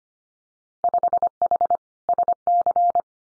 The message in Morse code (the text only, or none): 5H SC